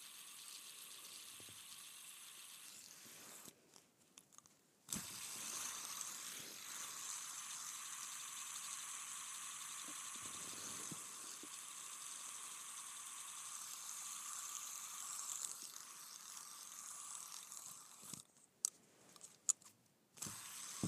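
A fidget spinner whirs with a steady, bright hum and a ticking rattle, stopping and restarting around five seconds and again near eighteen seconds.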